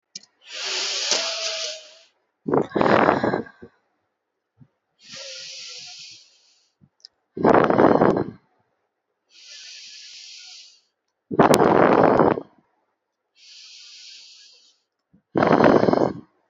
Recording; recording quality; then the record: deep breathing; excellent, no background noise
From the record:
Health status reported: healthy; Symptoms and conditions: none ticked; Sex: female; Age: 30 years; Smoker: not ticked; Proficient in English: yes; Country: India